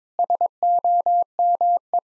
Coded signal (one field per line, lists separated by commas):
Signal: Morse code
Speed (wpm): 22 wpm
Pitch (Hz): 700 Hz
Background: none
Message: SOME